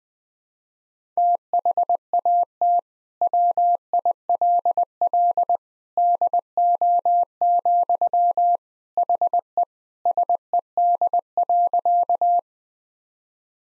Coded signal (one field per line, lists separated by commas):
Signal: Morse code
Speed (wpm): 20 wpm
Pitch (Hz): 700 Hz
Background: none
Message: THAT WILL DO, HE SED.